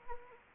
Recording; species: mosquito wingbeat signal from an infrared sensor; Anopheles arabiensis